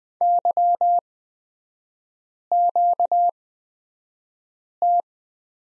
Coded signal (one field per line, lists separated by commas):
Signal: Morse code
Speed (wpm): 20 wpm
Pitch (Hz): 700 Hz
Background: none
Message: YQT